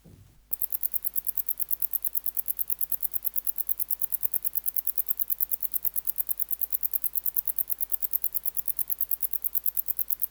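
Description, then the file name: Wart-biter bush-cricket song of crisp, high ticking pulses in a fast regular series, preceded by a brief low thump at the very start. "Decticus verrucivorus"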